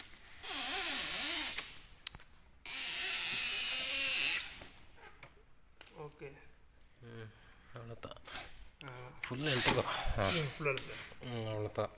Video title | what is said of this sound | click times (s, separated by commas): Unboxing New 8-Port KVM Switch, and Pulling out the Monitor and Keyboard. | அவ்வளோதான் lock ஆயிடுச்சு. | 2.1 s